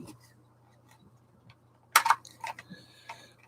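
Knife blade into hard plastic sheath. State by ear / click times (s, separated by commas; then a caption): seated / 2.0 s. A tactical knife with a thick blade is handled and pushed into its hard plastic sheath, with faint handling noises before a loud, sharp snap at 2.0 s as the blade seats in the case. A few quieter clicks and rattles follow as the knife settles.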